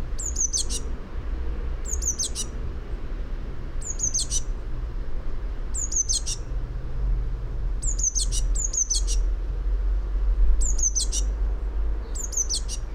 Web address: fugl b-mejse